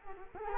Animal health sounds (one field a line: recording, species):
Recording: mosquito wingbeat signal from an infrared sensor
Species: Culex quinquefasciatus